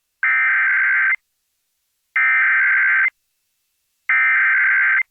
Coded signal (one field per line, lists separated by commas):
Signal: Emergency Alert System (SAME) tones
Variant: header bursts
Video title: EAS Evacuation Immediate From the Dixie Fire Northeastern California (Near Reno, Nevada)